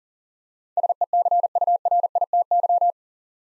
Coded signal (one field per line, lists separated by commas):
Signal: Morse code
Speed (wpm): 43 wpm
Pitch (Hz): 700 Hz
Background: none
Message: SECURITY